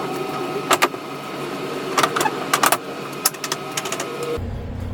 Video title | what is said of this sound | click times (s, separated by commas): Upgrade Your Ride: Installing New LED Headlights On A GMC Yukon | bumper basically clips into those two spots that's what you heard the click from | 0.8 s, 3.3 s